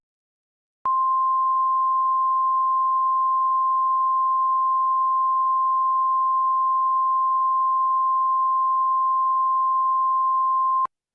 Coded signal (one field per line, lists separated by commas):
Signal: Emergency Alert System (SAME) tones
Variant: 1050 Hz attention tone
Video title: EAS Scenario - The Saint Louis Tornado Disaster